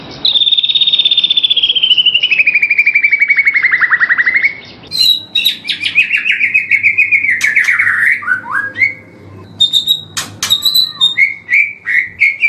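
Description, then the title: White-rumped shama song: a long high whistle sliding slowly downward, then a quick series of varied whistled notes with sharp clicks and short upward flicks. Training recording for caged birds. "MURAI BATU LABAIK"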